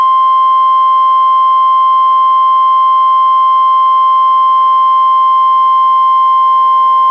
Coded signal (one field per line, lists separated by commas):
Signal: Emergency Alert System (SAME) tones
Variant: 1050 Hz attention tone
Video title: EAS #466: NWR Required Weekly Test- Feb. 17, 2021- 11:13AM PST